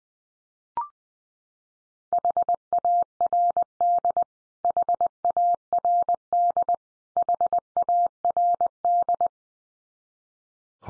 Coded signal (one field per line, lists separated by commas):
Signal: Morse code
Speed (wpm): 20 wpm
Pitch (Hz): 700 Hz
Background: none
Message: HARD HARD HARD